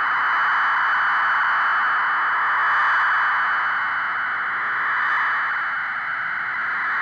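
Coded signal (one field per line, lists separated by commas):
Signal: fast PSK data mode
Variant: PSKR 1880 wpm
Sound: continuous dense hiss-like digital warble with a steady high whine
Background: radio static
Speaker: finally we will take the pskr mode to its outer limits this is the ridiculously fast pskr 1880 words per minute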